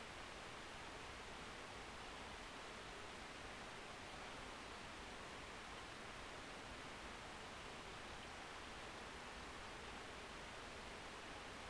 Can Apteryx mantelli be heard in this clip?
no